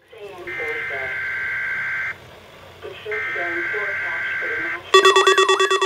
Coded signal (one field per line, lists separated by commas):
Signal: Emergency Alert System (SAME) tones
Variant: header bursts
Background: speech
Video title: NWR Required Weekly Tests (8/31/16)